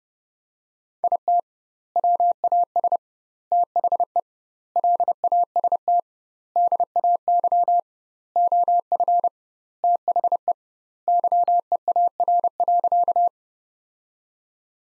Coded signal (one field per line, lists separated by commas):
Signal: Morse code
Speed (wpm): 32 wpm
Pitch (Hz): 700 Hz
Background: none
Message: IT WAS THE LAST DAY OF THE YEAR.